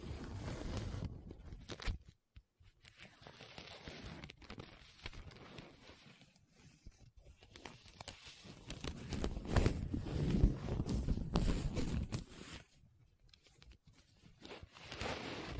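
Paper being scratched and rubbed in uneven bursts, with rough, crackly strokes and brief gaps of near silence around two and six seconds. The sound swells into a denser, louder stretch of rubbing from about eight to twelve seconds, then thins out into scattered sharp scrapes.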